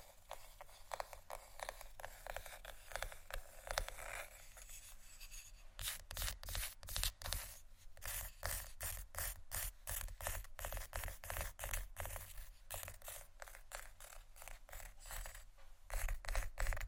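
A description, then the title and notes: Scratchy tapping runs steady, with quick dry strokes and taps repeating several times a second. The first few seconds are softer and muffled, then from about five seconds the scratches turn crisper and brighter, continuing densely to the end. ASMR Scratchy Tapping For Sleep & Study （No Talking）.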